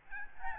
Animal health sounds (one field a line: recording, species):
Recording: mosquito wingbeat signal from an infrared sensor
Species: Aedes albopictus